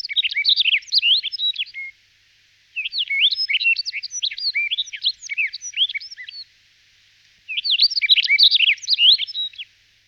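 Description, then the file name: Rustic bunting singing three brisk, tinkling warbled phrases separated by pauses of about a second, in an otherwise quiet background. "Strnad rolni Emberiza rustica"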